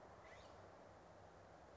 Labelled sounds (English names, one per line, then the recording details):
California Scrub-Jay
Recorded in Sonoma County, California